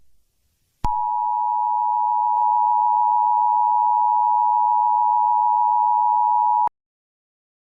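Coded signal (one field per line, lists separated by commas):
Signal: Emergency Alert System (SAME) tones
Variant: 853 and 960 Hz attention tone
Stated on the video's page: Fictional EAS scenario alert.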